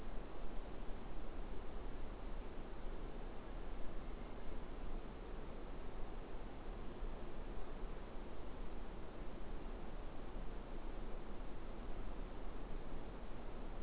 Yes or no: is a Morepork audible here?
no